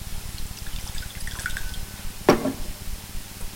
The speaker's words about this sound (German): Seacomb bot mir vorhin einen Sherry an. Den werde ich Ihnen einschenken.